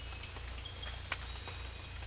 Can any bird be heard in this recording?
no